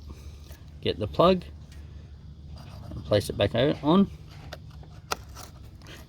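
The wiring harness plug is pushed back onto the mass air flow sensor on the intake of a Ford Ranger, Mazda BT-50, Raptor, Wildtrak or Everest after the sensor is cleaned. Someone talks, then a sharp click is heard at 5.1 s as the plug seats.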